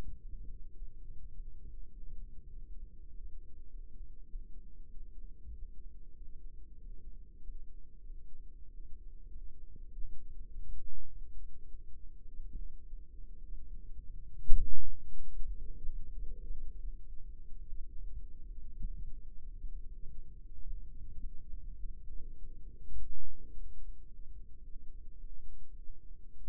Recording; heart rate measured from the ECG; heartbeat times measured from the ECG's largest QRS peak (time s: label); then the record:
heart sounds by microphone in the right ear; 101 bpm
0.13 s: heartbeat
0.73 s: heartbeat
1.31 s: heartbeat
1.88 s: heartbeat
2.46 s: heartbeat
3.05 s: heartbeat
3.66 s: heartbeat
4.26 s: heartbeat
4.88 s: heartbeat
5.50 s: heartbeat
6.13 s: heartbeat
6.77 s: heartbeat
7.40 s: heartbeat
8.03 s: heartbeat
8.65 s: heartbeat
9.27 s: heartbeat
9.89 s: heartbeat
10.48 s: heartbeat
11.07 s: heartbeat
11.66 s: heartbeat
12.25 s: heartbeat
12.84 s: heartbeat
13.43 s: heartbeat
14.03 s: heartbeat
14.63 s: heartbeat
15.25 s: heartbeat
15.84 s: heartbeat
16.41 s: heartbeat
16.98 s: heartbeat
17.58 s: heartbeat
18.19 s: heartbeat
18.79 s: heartbeat
19.40 s: heartbeat
20.00 s: heartbeat
20.58 s: heartbeat
21.17 s: heartbeat
21.76 s: heartbeat
22.35 s: heartbeat
22.93 s: heartbeat
23.49 s: heartbeat
24.04 s: heartbeat
24.61 s: heartbeat
25.17 s: heartbeat
25.74 s: heartbeat
26.33 s: heartbeat
From the record:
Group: healthy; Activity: rest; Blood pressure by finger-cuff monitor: 104/62 mmHg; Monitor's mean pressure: 77 mmHg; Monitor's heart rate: 100 bpm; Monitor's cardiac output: 6.8 L/min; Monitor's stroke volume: 68 mL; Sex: male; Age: 22 years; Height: 181 cm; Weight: 60 kg